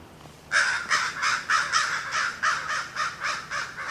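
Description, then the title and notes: Crow giving a rapid run of many harsh, evenly paced caws. Crows in Notre-Dame-des-Neiges Cemetery, 24 July 2008. "Cimitiere de Notre-Dame-des-Neiges, 24.07.08. Crows in the cemetry"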